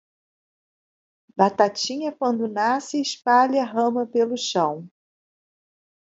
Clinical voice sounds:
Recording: short text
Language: Brazilian Portuguese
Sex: female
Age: 50 to 59 years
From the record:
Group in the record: control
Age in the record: 57 years

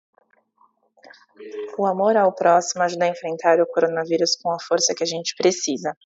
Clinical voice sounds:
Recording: spoken sentence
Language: Brazilian Portuguese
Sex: female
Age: 30 to 39 years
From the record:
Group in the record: control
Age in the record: 34 years

